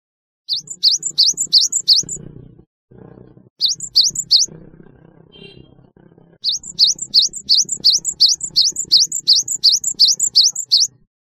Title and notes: Kicau Burung Gelatik